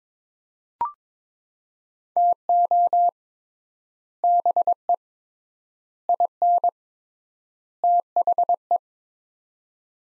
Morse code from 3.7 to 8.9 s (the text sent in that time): BE IN THE